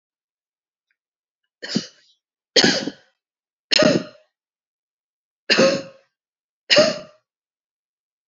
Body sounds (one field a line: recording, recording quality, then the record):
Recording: shallow voluntary cough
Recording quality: poor, much background noise or distortion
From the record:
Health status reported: healthy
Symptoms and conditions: diabetes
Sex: female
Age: 64 years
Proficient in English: yes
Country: India